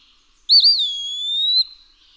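Eastern wood-pewee song, a sweet whistled phrase with a quick wavering start, then a long steady note that rises gently at the end.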